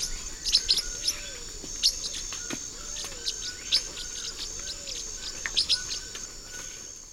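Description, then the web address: Blue-winged parrotlet calls: clusters of thin, piercing chirps with short pauses between them. A continuous high insect buzz and faint lower bird notes sound in the background. South America, Eastern Lowlands. "Natures Songs S America Eastern Lowlands. Blue-winged Parrotlet"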